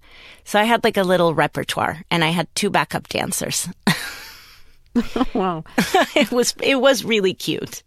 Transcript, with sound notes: So I had, like, a little repertoire, and I had two backup dancers.
(LAUGHTER)
Wow.
It was really cute.